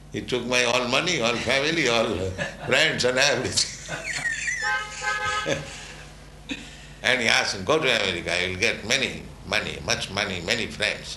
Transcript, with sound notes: He took my all money, all family, all friends and everything. [laughs] And He asked me, "Go to America. You'll get many money, much money, many friends.